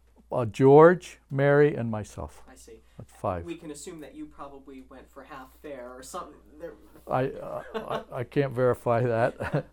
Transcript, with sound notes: Mom, Dad, George, Mary and myself.
I see.
Five.
We can assume that you probably went for half fare or something. (he laughs)
I, I can't verify that.